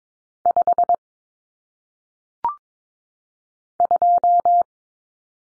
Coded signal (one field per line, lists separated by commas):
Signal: Morse code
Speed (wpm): 22 wpm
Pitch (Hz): 700 Hz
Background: none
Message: 5 2